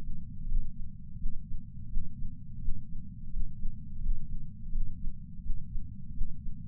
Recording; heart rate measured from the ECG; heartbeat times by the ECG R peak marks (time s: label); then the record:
heart sounds by patch sensor on the chest; 85 bpm
0.48 s: heartbeat
1.18 s: heartbeat
1.89 s: heartbeat
2.60 s: heartbeat
3.32 s: heartbeat
4.02 s: heartbeat
4.72 s: heartbeat
5.42 s: heartbeat
6.14 s: heartbeat
From the record:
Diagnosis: coronary artery disease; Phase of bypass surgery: preoperative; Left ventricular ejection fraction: 50.8%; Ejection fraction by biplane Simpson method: 50%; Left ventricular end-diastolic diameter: 50 mm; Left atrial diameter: 32 mm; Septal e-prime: 7.2 cm/s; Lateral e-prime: 9.1 cm/s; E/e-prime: 8.5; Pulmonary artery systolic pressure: 23 mmHg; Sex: male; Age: 65 years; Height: 170 cm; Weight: 65 kg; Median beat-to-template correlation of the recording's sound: 0.75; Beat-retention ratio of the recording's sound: 0.96